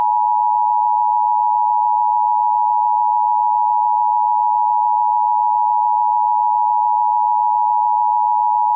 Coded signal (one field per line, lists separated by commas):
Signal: Emergency Alert System (SAME) tones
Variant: 853 and 960 Hz attention tone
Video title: Local Area Network EAS Test